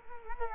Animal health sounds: mosquito wingbeat signal from an infrared sensor; Culex quinquefasciatus

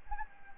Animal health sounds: mosquito wingbeat signal from an infrared sensor; Anopheles gambiae

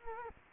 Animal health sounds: mosquito wingbeat signal from an infrared sensor; Culex quinquefasciatus

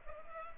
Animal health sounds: mosquito wingbeat signal from an infrared sensor; Culex pipiens

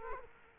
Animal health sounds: mosquito wingbeat signal from an infrared sensor; Culex quinquefasciatus

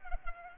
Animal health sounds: mosquito wingbeat signal from an infrared sensor; Culex pipiens

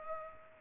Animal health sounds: mosquito wingbeat signal from an infrared sensor; Culex pipiens

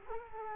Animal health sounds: mosquito wingbeat signal from an infrared sensor; Culex quinquefasciatus

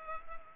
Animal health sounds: mosquito wingbeat signal from an infrared sensor; Culex pipiens

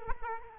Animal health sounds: mosquito wingbeat signal from an infrared sensor; Culex quinquefasciatus

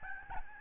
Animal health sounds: mosquito wingbeat signal from an infrared sensor; Aedes albopictus

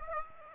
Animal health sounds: mosquito wingbeat signal from an infrared sensor; Aedes aegypti

